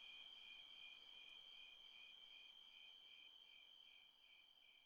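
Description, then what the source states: Cricket chirps in a fast, even rhythm, a high pulsing trill that fades slightly toward the end over quiet background. Recorded by a creek.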